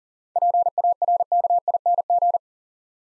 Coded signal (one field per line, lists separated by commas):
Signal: Morse code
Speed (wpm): 38 wpm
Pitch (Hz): 700 Hz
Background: none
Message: PARKING